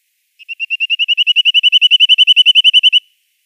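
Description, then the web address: Corsican nuthatch calling in a fast, even series of many high notes, building in loudness before stopping abruptly. "Schulze Peter Corsican Nuthatch calls"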